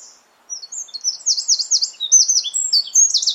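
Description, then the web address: Bird song: a lively string of high, slurred chirps and short trills, shifting up and down in pitch without pause. "cianscape birddata Deverinetal 2025"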